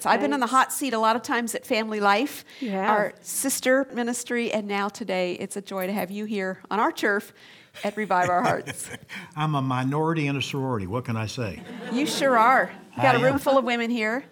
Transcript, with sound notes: I’ve been in the “hot seat” a lot of times at FamilyLife, our sister ministry, and now today it’s a joy to have you here on our turf at Revive Our Hearts.
I’m a minority in a sorority. What can I say? [laughter]
You sure are! We’ve got a roomful of women here.